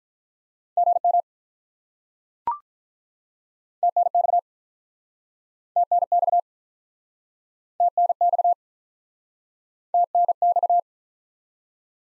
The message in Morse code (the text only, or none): GM TNX TNX TNX TNX